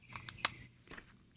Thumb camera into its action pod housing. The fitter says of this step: so the go three actually clips into this with a magnet you can hear it click